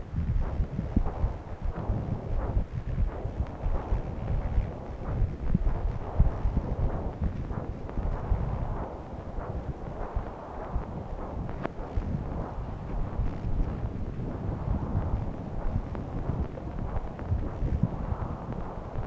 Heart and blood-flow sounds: Doppler ultrasound of blood flow; right subclavian vein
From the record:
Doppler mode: continuous wave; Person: adult scuba diver, at rest before a dive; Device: O'Dive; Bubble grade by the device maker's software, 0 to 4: 0

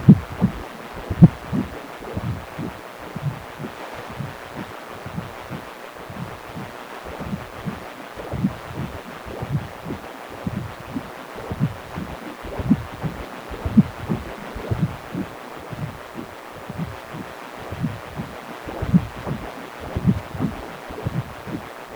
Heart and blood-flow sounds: Doppler ultrasound of blood flow; precordium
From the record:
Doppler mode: continuous wave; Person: healthy adult, 18 to 50 years, no heart murmur, not diving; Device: 2.5 MHz transducer

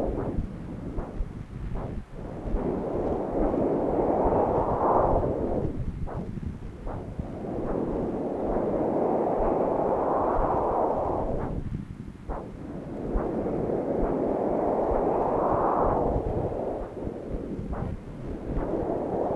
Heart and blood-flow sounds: Doppler ultrasound of blood flow; right subclavian vein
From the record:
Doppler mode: continuous wave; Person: adult scuba diver, at rest before a dive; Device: O'Dive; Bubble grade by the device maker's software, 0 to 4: 0

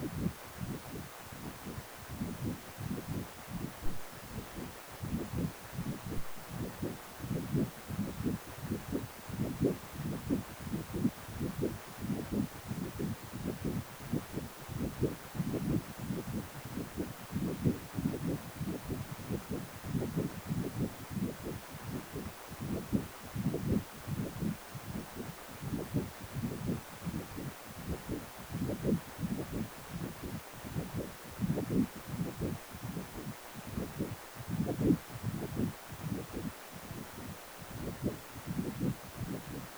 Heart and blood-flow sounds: Doppler ultrasound of blood flow; precordium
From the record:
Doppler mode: continuous wave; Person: healthy adult, 18 to 50 years, no heart murmur, not diving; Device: 2.5 MHz transducer

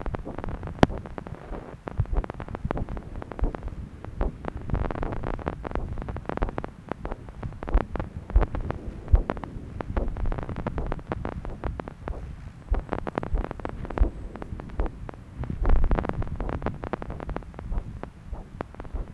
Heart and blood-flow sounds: Doppler ultrasound of blood flow; right subclavian vein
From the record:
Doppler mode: continuous wave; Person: adult scuba diver, at rest before a dive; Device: O'Dive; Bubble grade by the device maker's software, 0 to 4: 0

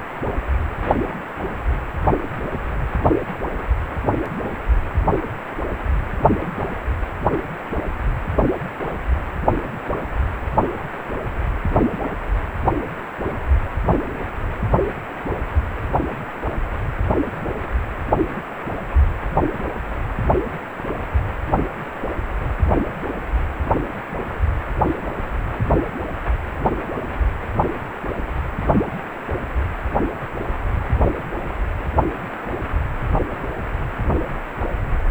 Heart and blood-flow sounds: Doppler ultrasound of blood flow; precordium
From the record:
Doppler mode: pulsed wave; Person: healthy adult, 18 to 50 years, no heart murmur, not diving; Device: 2.5 MHz transducer

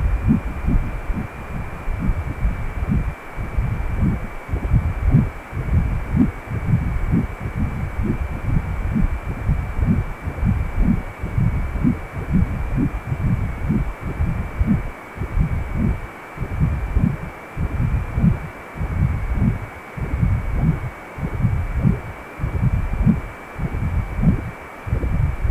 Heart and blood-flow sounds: Doppler ultrasound of blood flow; precordium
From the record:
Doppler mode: continuous wave and pulsed wave in the uncut recording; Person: healthy adult, 18 to 50 years, no heart murmur, not diving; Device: 2.5 MHz transducer

